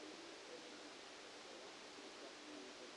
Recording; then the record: brain microelectrode recording played as sound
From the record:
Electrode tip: outside the subthalamic nucleus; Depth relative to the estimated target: 7 mm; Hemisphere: left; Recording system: NeuroSet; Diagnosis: Parkinson's disease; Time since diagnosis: 8 years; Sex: male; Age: 65 years